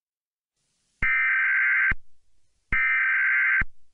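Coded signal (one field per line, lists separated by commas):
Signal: Emergency Alert System (SAME) tones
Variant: header bursts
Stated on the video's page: Fictional EAS scenario.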